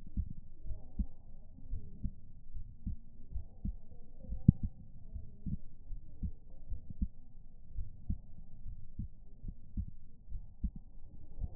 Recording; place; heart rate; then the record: heart sounds by stethoscope; pulmonary valve (PV); 71 bpm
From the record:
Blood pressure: 124/77 mmHg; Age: 22 years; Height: 157 cm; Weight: 87 kg